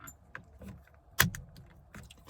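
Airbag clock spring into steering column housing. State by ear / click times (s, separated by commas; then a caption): seated / 0.4 s, 1.4 s. A replacement airbag clock spring for a 2004-and-later Mitsubishi Lancer, fitted to fix the chronic clock spring fault behind the SRS light and a dead horn, is placed onto the steering column housing and its two plastic retaining clips are pressed in. Sharp clicks sound at 0.3 s and 1.4 s, with a louder clatter just before the second click and a few softer ticks afterward. The clock spring is seated in place.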